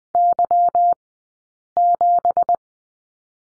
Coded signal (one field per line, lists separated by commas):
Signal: Morse code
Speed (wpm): 20 wpm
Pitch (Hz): 700 Hz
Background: none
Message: Y7